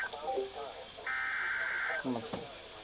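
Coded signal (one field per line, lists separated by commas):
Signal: Emergency Alert System (SAME) tones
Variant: header bursts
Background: speech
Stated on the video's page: Severe thunderstorm warning alert from the National Weather Service office at Mt. Holly.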